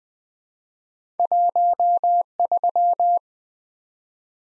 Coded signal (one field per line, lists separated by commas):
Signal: Morse code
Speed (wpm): 20 wpm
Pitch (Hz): 700 Hz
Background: none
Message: 13